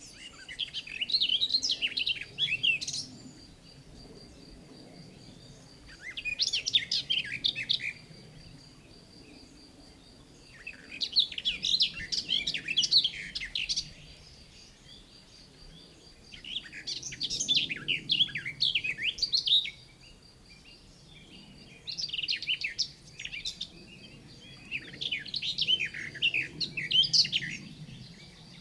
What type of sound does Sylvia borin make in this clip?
song